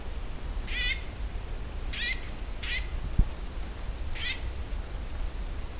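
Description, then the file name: Eurasian nuthatch uttering four nasal, buzzy call notes, spaced unevenly over several seconds, with a single sharp click near the middle. "Sitta europaea"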